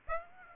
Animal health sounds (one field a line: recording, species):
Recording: mosquito wingbeat signal from an infrared sensor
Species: Aedes aegypti